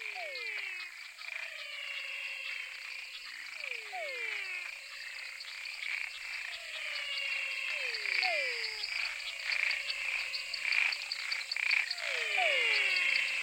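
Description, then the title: Dense frog chorus: falling whistled swoops in small clusters every few seconds over continuous high trilling and clicking calls. Frog chorus recorded in Mato Grosso. "Choeur de grenouilles (Mato Grosso)"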